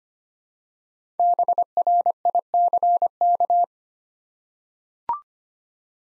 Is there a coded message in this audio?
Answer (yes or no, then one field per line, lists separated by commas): yes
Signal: Morse code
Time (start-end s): 1.2-3.6 s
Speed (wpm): 25 wpm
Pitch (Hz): 700 Hz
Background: none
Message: BRICK